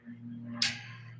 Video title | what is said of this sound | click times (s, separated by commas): ShowFlies is live! on that long road to 400 subs | All right. See, you hear a little snap. | 0.6 s